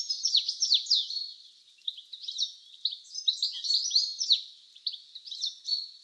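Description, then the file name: European goldfinch twittering almost nonstop, rapid sweeping chirps and jingling notes strung together, with a slightly quieter stretch around the two-second mark. "Carduelis carduelis"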